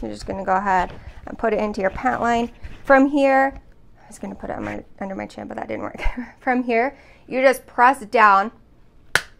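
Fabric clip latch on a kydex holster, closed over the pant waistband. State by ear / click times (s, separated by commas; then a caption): seated / 9.2 s. Someone talks while fitting the fabric clip latch of a kydex holster over the pant waistband. They press down until the plastic clip clicks shut with a sharp snap at 9.2 s. The clip is closed over the waistband.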